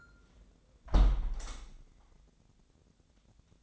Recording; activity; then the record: daily activity, microphone in the room; close window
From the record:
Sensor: 3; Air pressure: 1012.3 hPa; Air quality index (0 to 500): 102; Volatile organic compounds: 1 ppm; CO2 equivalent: 808 ppm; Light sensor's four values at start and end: 175/419/171/159 and 176/422/172/159